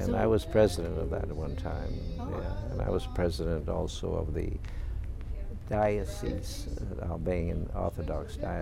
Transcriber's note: none